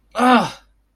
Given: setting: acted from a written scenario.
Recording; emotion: vocal sound without words; disappointment